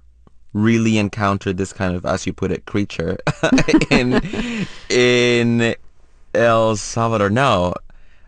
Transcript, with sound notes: really encountered this kind of, as you put it, creature...
(LAUGHTER)
...In El Salvador,